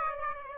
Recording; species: mosquito wingbeat signal from an infrared sensor; Aedes aegypti